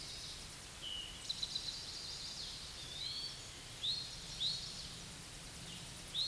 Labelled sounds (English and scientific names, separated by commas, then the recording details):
Eastern Towhee (Pipilo erythrophthalmus) song
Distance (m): 40 m
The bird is about 5 m below the microphone
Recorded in a Pennsylvania forest on 16 May 2024 at 07:17
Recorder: AudioMoth, point MSD-1418
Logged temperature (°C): 16.4 °C
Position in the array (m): 247 m, 167 m